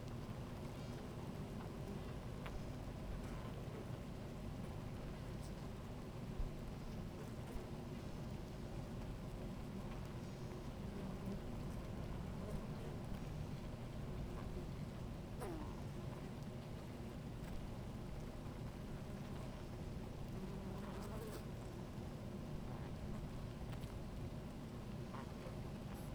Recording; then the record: honeybee colony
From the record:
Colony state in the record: active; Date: 28 July 2017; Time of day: 17:02